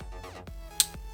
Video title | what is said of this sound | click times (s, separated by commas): Amazon Product Reviews - Is it Worth it? - #SAKURA - Micron Pens - PRODUCT REVIEW for Artists | as we are all obsessed with the cap right so it's got a nice cap snap | 0.8 s